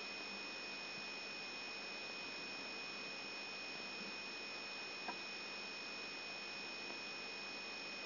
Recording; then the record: brain microelectrode recording played as sound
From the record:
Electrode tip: outside the subthalamic nucleus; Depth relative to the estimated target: -1 mm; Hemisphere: right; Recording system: AlphaMap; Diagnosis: Parkinson's disease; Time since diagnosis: 14 years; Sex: male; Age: 66 years